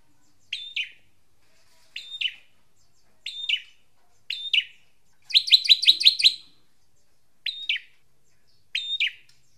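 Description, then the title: Drongo call: a short metallic chip note repeated about every second or so, broken once by a fast rattling burst of several sharp notes. "Suara Srigunting Di Download Dari Hobiburung"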